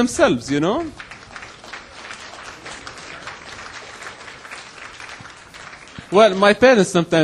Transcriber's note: applause